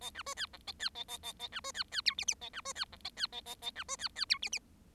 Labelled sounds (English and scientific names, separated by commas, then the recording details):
Bengalese Finch (Lonchura striata domestica) song
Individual Bird7